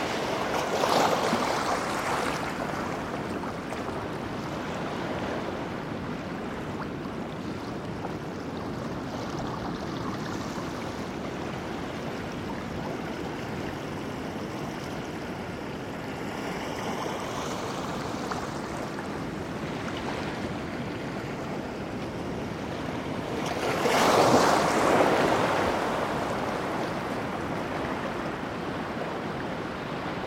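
Surf on the Pacific coast at Cape Disappointment in Washington, a steady wash of rushing water that fills the whole clip. Brighter swells of foam rise near the start and again around 24 seconds, where a wave breaks louder before settling back into the constant roar.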